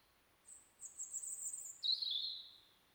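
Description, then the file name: European robin with a very high thin drawn-out whistle, then a lower bright note that slides gently downward. "Erithacus rubecula"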